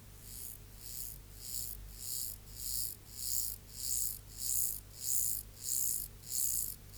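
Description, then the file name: Mottled grasshopper song: a run of about ten short, high, buzzy chirps repeated steadily, growing louder through the sequence, over a low background hum. "Collins Field Guide - Mottled Grasshopper"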